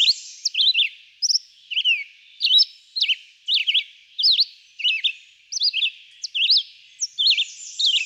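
Red-eyed vireo song: short slurred whistled phrases, rising and falling, given in quick succession with brief pauses, steady throughout.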